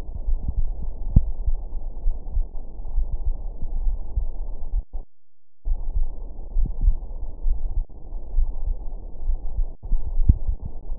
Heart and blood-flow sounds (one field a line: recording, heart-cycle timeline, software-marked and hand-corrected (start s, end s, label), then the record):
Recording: heart sounds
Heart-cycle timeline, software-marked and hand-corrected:
0.00	0.27	diastole
0.27	0.39	S1
0.39	0.55	systole
0.55	0.67	S2
0.67	1.15	diastole
1.15	1.29	S1
1.29	1.45	systole
1.45	1.57	S2
1.57	2.05	diastole
2.05	2.19	S1
2.19	2.35	systole
2.35	2.47	S2
2.47	2.95	diastole
2.95	3.09	S1
3.09	3.25	systole
3.25	3.35	S2
3.35	3.81	diastole
3.81	3.97	S1
3.97	4.15	systole
4.15	4.25	S2
4.25	4.73	diastole
4.73	4.83	S1
4.83	4.99	systole
4.99	5.07	S2
5.07	5.67	diastole
5.67	5.79	S1
5.79	5.95	systole
5.95	6.07	S2
6.07	6.55	diastole
6.55	6.69	S1
6.69	6.81	systole
6.81	6.95	S2
6.95	7.45	diastole
7.45	7.59	S1
7.59	7.75	systole
7.75	7.85	S2
7.85	8.35	diastole
8.35	8.49	S1
8.49	8.67	systole
8.67	8.77	S2
8.77	9.27	diastole
9.27	9.39	S1
9.39	9.57	systole
9.57	9.67	S2
9.67	10.17	diastole
10.17	10.35	S1
10.35	10.47	systole
10.47	10.57	S2
10.57	10.99	diastole
From the record:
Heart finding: coronary artery disease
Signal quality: good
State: rest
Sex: male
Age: 56 years